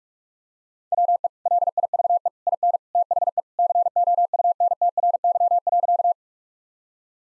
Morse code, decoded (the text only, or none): WE LIVE IN THE COUNTRY.